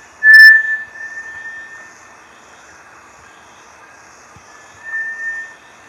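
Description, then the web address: Bartlett's tinamou giving a long, steady whistled note that starts with a sharp loud onset and fades, then a second softer whistle about four seconds later; quiet background. "sound Bartlett's-tinamou. صدای-پرنده-وشم-بارتلت"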